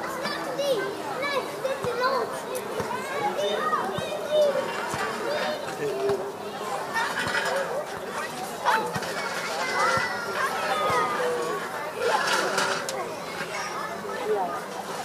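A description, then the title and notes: Children play on a playground, their voices overlapping in constant chatter with occasional high shouts and calls. The noise stays busy and fairly even throughout, with brief louder bursts around the middle and near the end, over a soft steady hum beneath. Audio Journeys of Berlin: Summer Evening Joy and Child Play. Begin at the joyful hum of a children's playground.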